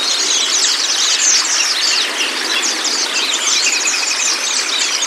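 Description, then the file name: White-eye song chorus: rapid, tumbling high twitters packed closely together, many notes every second, over a continuous hissing background. Song therapy meant to get the bird to open its beak and sing. "pleci terapi buka paruh"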